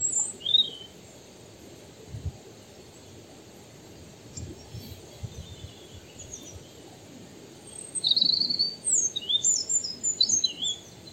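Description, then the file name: European robin singing a short high phrase early on, then a longer run of sweet, thin, tumbling notes and trills near the end, over soft steady background noise. "Erithacus rubecula"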